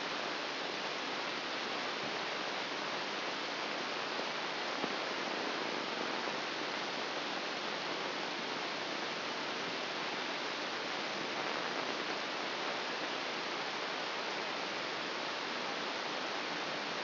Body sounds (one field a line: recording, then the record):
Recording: brain microelectrode recording played as sound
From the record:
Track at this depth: outside the subthalamic nucleus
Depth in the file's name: 5.898 mm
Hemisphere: left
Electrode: 3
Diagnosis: Parkinson's disease